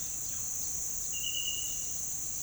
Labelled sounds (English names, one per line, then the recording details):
none
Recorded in pastures near Puerto Asís, Putumayo, Colombia, on 29 June 2025 at 08:30
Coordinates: 0.466, -76.322
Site GP07